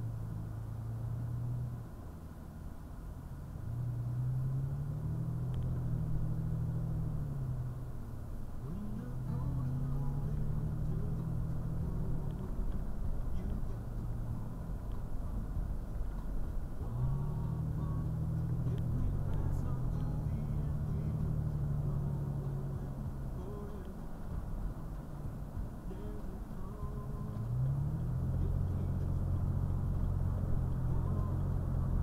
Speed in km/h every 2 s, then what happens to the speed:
13, 13, 19, 23, 24, 29, 31, 31, 32, 37, 39, 37, 34, 34, 40, 45.
0-19 speeds up to 39. 19-26 steady at about 34. 26-32 speeds up to 45.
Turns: none.